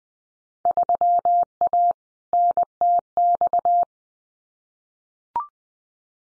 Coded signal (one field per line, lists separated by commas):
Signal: Morse code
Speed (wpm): 19 wpm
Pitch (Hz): 700 Hz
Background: none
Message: 3A NTX